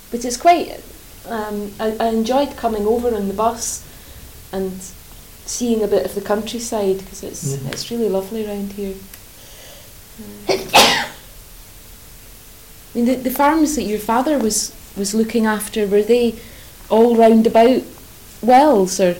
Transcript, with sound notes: But it's quite erm, I enjoyed coming over on the bus and seeing a bit of the countryside.
Mhm.
It's really lovely round here. [sneezes] The farms that your father was looking after, were they all round about Wells?